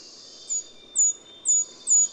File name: Golden-crowned Kinglet